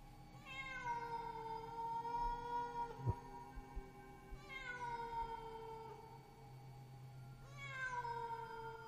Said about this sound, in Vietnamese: Vừa đặt chân xuống bếp, thì tiếng mèo kêu thảm thiết lại vang lên.